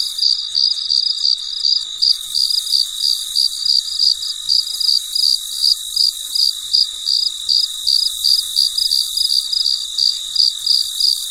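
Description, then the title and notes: Cricket chirps, a quick even series of shrill pulses, roughly three each second, over a soft high background drone. Recorded late at night; the night is described as very quiet. "深夜录制蟋蟀昆虫声. 深夜 很安静"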